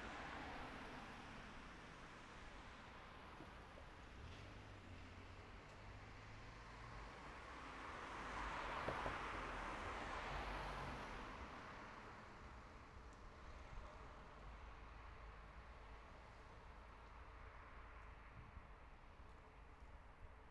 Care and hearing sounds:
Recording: everyday scene through a hearing-aid microphone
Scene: in traffic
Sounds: traffic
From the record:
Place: city secondary road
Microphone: behind the ear, right, front

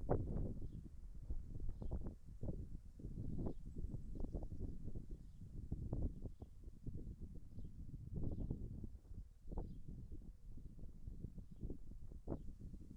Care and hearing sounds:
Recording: everyday scene through a hearing-aid microphone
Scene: wind on the microphone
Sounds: wind, birds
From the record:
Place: in front of a rural house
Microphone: behind the ear, right, rear

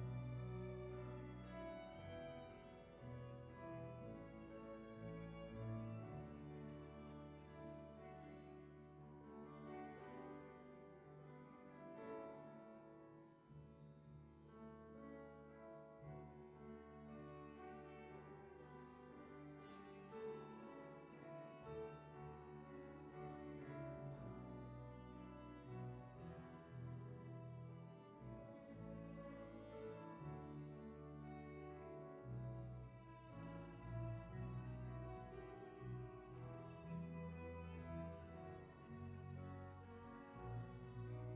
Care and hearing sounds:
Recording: everyday scene through a hearing-aid microphone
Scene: reverberant space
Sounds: music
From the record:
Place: church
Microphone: behind the ear, right, rear

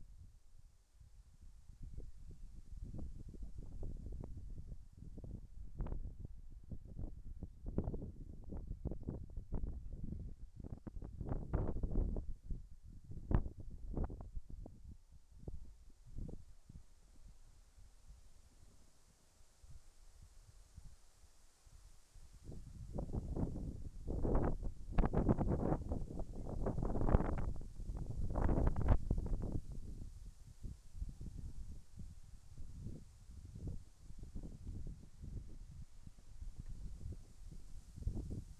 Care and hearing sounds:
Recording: everyday scene through a hearing-aid microphone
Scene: wind on the microphone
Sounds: wind, whistling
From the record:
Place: in front of a rural house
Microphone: behind the ear, right, front

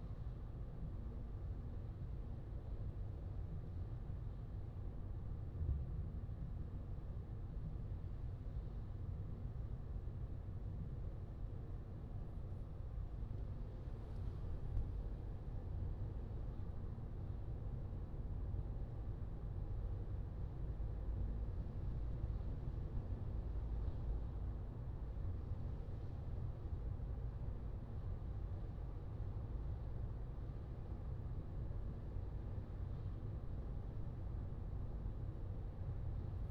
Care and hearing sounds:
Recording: everyday scene through a hearing-aid microphone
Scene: in a vehicle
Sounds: engine, highway driving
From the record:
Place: Skoda Fabia, gasoline engine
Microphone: in the ear canal, left

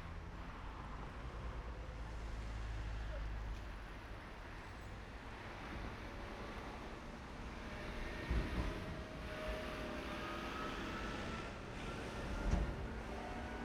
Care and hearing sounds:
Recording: everyday scene through a hearing-aid microphone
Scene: in traffic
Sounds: traffic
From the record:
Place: main road on the outskirts, rush hour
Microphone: behind the ear, right, front

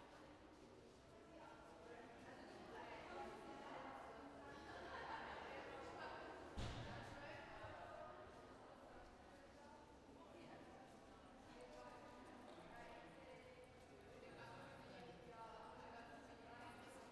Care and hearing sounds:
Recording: everyday scene through a hearing-aid microphone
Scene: reverberant space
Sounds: background noise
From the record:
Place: railway station hall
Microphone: behind the ear, right, front

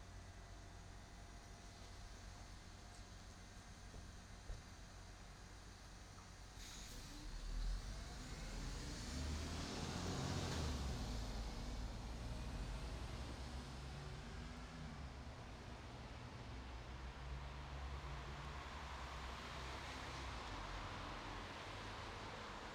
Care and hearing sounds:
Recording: everyday scene through a hearing-aid microphone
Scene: in traffic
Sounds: traffic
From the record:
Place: bus stop on a city main road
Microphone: in the ear canal, right

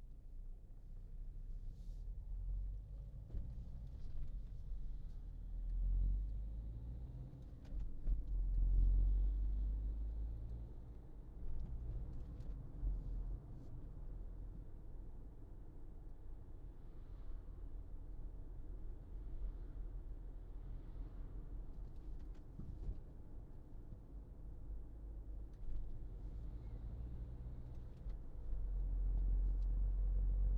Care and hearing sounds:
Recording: everyday scene through a hearing-aid microphone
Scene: in a vehicle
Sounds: engine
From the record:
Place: Berlingo II, diesel engine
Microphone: in the ear canal, left

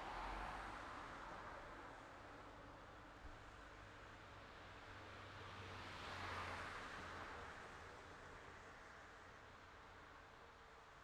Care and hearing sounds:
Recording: everyday scene through a hearing-aid microphone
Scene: in traffic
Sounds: traffic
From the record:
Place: city secondary road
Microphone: in the ear canal, left

